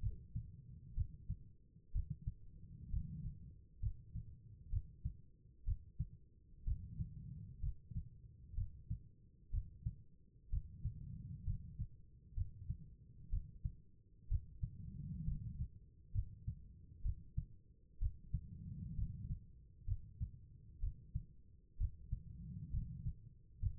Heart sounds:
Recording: heart sounds by stethoscope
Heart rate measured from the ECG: 64 bpm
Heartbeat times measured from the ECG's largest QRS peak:
0.94 s: heartbeat
1.92 s: heartbeat
2.90 s: heartbeat
3.80 s: heartbeat
4.70 s: heartbeat
5.64 s: heartbeat
6.64 s: heartbeat
7.60 s: heartbeat
8.55 s: heartbeat
9.51 s: heartbeat
10.50 s: heartbeat
11.44 s: heartbeat
12.34 s: heartbeat
13.30 s: heartbeat
14.28 s: heartbeat
15.24 s: heartbeat
16.12 s: heartbeat
17.02 s: heartbeat
17.99 s: heartbeat
18.95 s: heartbeat
19.85 s: heartbeat
20.80 s: heartbeat
21.77 s: heartbeat
22.71 s: heartbeat
23.60 s: heartbeat
From the record:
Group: healthy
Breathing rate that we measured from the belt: 15 breaths a minute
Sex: female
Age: 36 years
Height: 163 cm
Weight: 88 kg

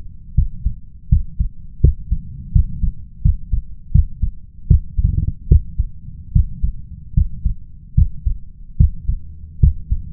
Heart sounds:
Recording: heart sounds by stethoscope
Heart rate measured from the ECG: 78 bpm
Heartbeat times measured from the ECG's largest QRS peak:
0.34 s: heartbeat
1.08 s: heartbeat
1.80 s: heartbeat
2.52 s: heartbeat
3.21 s: heartbeat
3.91 s: heartbeat
4.67 s: heartbeat
5.48 s: heartbeat
6.32 s: heartbeat
7.14 s: heartbeat
7.94 s: heartbeat
8.77 s: heartbeat
9.59 s: heartbeat
From the record:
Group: healthy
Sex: male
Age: 21 years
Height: 180 cm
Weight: 67.5 kg

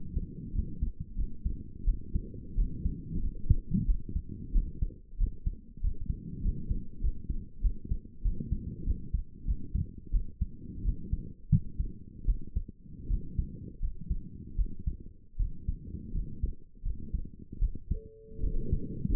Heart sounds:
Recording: heart sounds by stethoscope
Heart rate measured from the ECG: 87 bpm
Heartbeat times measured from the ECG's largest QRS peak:
0.52 s: heartbeat
1.16 s: heartbeat
1.84 s: heartbeat
2.55 s: heartbeat
3.20 s: heartbeat
3.85 s: heartbeat
4.52 s: heartbeat
5.18 s: heartbeat
5.81 s: heartbeat
6.42 s: heartbeat
7.01 s: heartbeat
7.61 s: heartbeat
8.22 s: heartbeat
8.84 s: heartbeat
9.45 s: heartbeat
10.11 s: heartbeat
10.83 s: heartbeat
11.50 s: heartbeat
12.25 s: heartbeat
13.08 s: heartbeat
13.80 s: heartbeat
14.56 s: heartbeat
15.37 s: heartbeat
16.12 s: heartbeat
16.83 s: heartbeat
17.59 s: heartbeat
18.40 s: heartbeat
19.12 s: heartbeat
From the record:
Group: healthy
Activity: rest 0-17 s, light exercise 17-19 s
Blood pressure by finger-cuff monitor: 148/74 mmHg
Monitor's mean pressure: 97 mmHg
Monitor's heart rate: 89 bpm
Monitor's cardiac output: 8.5 L/min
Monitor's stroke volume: 97 mL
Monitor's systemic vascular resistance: 840 dyn s/cm5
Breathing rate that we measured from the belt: 24 breaths a minute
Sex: female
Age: 22 years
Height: 154 cm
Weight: 58.7 kg

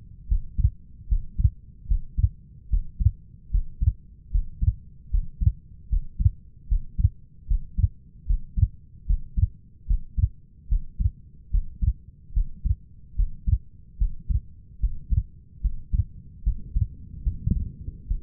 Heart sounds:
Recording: heart sounds by stethoscope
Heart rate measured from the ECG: 74 bpm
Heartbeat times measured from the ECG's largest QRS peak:
0.28 s: heartbeat
1.09 s: heartbeat
1.88 s: heartbeat
2.70 s: heartbeat
3.51 s: heartbeat
4.31 s: heartbeat
5.11 s: heartbeat
5.90 s: heartbeat
6.69 s: heartbeat
7.48 s: heartbeat
8.27 s: heartbeat
9.07 s: heartbeat
9.87 s: heartbeat
10.69 s: heartbeat
11.51 s: heartbeat
12.34 s: heartbeat
13.16 s: heartbeat
13.98 s: heartbeat
14.80 s: heartbeat
15.61 s: heartbeat
16.43 s: heartbeat
17.23 s: heartbeat
18.08 s: heartbeat
From the record:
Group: healthy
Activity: breath hold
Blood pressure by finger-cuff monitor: 130/80 mmHg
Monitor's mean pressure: 95 mmHg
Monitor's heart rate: 73 bpm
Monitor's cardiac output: 5.6 L/min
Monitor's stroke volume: 76 mL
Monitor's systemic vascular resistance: 1210 dyn s/cm5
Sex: female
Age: 37 years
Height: 168 cm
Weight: 70 kg

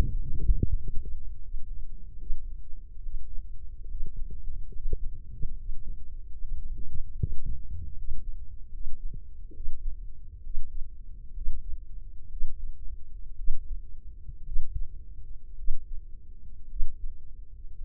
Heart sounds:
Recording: heart sounds by microphone in the left ear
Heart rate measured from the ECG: 68 bpm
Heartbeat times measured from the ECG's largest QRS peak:
0.15 s: heartbeat
0.75 s: heartbeat
1.41 s: heartbeat
2.17 s: heartbeat
3.00 s: heartbeat
3.86 s: heartbeat
4.70 s: heartbeat
5.53 s: heartbeat
6.35 s: heartbeat
7.14 s: heartbeat
7.92 s: heartbeat
8.68 s: heartbeat
9.51 s: heartbeat
10.41 s: heartbeat
11.32 s: heartbeat
12.28 s: heartbeat
13.35 s: heartbeat
14.43 s: heartbeat
15.55 s: heartbeat
16.67 s: heartbeat
17.75 s: heartbeat
From the record:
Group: healthy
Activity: Valsalva maneuver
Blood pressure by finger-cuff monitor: 105/74 mmHg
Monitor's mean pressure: 81 mmHg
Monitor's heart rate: 71 bpm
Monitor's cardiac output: 4.8 L/min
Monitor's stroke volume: 68 mL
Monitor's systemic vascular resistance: 1090 dyn s/cm5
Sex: female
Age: 23 years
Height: 160 cm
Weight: 50.4 kg

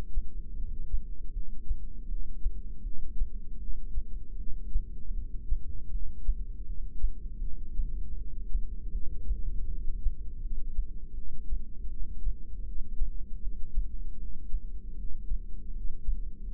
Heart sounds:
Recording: heart sounds by microphone in the left ear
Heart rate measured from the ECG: 79 bpm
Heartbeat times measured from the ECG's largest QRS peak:
0.56 s: heartbeat
1.33 s: heartbeat
2.08 s: heartbeat
2.83 s: heartbeat
3.59 s: heartbeat
4.37 s: heartbeat
5.14 s: heartbeat
5.91 s: heartbeat
6.66 s: heartbeat
7.41 s: heartbeat
8.16 s: heartbeat
8.92 s: heartbeat
9.68 s: heartbeat
10.41 s: heartbeat
11.15 s: heartbeat
11.89 s: heartbeat
12.65 s: heartbeat
13.42 s: heartbeat
14.19 s: heartbeat
14.97 s: heartbeat
15.74 s: heartbeat
16.50 s: heartbeat
From the record:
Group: heart failure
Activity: rest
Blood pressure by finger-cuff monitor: 178/111 mmHg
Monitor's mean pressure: 134 mmHg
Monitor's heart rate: 79 bpm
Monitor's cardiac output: 7.9 L/min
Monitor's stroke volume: 100 mL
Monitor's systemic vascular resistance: 1280 dyn s/cm5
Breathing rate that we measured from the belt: 13 breaths a minute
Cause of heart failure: non-ischemic cardiomyopathy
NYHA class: 1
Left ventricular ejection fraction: 62%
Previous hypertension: present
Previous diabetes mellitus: present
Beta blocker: bisoprolol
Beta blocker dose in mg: 10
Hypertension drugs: sacubitril-valsartan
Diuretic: furosemide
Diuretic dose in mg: 20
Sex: male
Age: 49 years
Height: 167 cm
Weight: 110 kg

